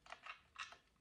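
The plastic iR Sun Regulator controller unit for infrared heating panels is handled as it is clipped back onto its wall mounting base after the wiring is done. A few short, bright plastic ticks and scrapes are heard, the sharpest near 0.1 s and 0.6 s. The unit has not seated or clicked into place yet.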